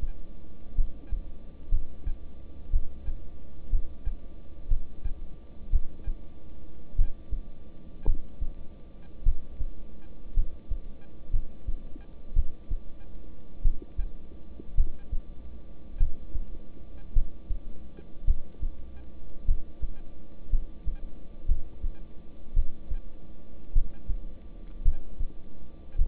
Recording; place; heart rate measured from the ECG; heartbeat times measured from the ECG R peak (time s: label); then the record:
heart sounds by stethoscope; between the tricuspid and mitral areas; 55 bpm
0.75 s: heartbeat
1.70 s: heartbeat
2.71 s: heartbeat
3.70 s: heartbeat
4.68 s: heartbeat
5.71 s: heartbeat
6.96 s: heartbeat
8.05 s: heartbeat
9.23 s: heartbeat
10.34 s: heartbeat
11.31 s: heartbeat
12.34 s: heartbeat
13.62 s: heartbeat
14.75 s: heartbeat
15.98 s: heartbeat
17.13 s: heartbeat
18.25 s: heartbeat
19.45 s: heartbeat
20.50 s: heartbeat
21.46 s: heartbeat
22.54 s: heartbeat
23.73 s: heartbeat
24.83 s: heartbeat
25.96 s: heartbeat
From the record:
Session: rest, lying down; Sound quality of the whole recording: good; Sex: male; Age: 26 years